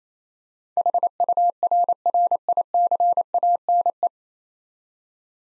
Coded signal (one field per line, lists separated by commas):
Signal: Morse code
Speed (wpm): 28 wpm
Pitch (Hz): 700 Hz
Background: none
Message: HURRICANE